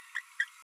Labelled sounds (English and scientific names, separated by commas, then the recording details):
Green-rumped Parrotlet (Forpus passerinus) babbling
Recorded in a nest box in Venezuela
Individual 18B12A1